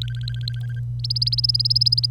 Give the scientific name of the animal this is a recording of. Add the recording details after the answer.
Serinus canaria. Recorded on 25 April 2018 at 08:03. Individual llb3